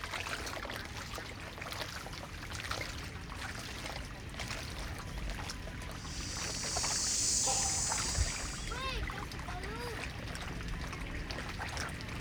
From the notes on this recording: recorded in and around Phnom Penh (Cambodia) during the "presidential" election period; Day & night.